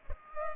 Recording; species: mosquito wingbeat signal from an infrared sensor; Culex pipiens